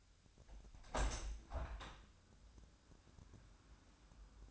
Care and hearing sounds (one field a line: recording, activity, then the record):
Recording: daily activity, microphone in the room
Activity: open window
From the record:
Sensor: 2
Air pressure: 1006.2 hPa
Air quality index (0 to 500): 185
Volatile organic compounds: 10 ppm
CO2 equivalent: 2257 ppm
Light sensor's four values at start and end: 8/20/8/8 and 9/21/9/9